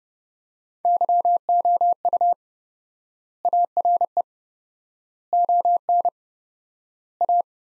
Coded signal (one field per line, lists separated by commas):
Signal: Morse code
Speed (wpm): 30 wpm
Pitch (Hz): 700 Hz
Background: none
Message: YOU ARE ON A